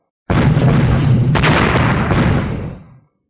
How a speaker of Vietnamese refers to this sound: Một tiếng vang thật lớn, một cổ sóng khí cuồng bạo vô cùng như bài sơn đảo hải áp tới bốn phương, cuốn lấy ngọn lửa màu đen cùng nhiều loại lực lượng pháp tắc, trong nháy mắt trùng kích đánh bay mọi người chung quanh ra ngoài.